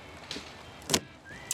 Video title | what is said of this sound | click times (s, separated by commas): ★★★★★ How to install Rain-X windshield wiper blades on Toyota Tundra | there it goes now let's see if it clips down now it clips | 0.9 s